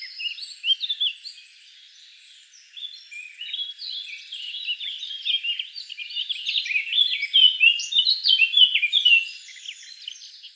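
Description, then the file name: Eurasian blackcap song, a busy high twittering warble that starts sparse, then builds into a dense run of quick chirps and trills in the second half. "Sylvia atricapilla"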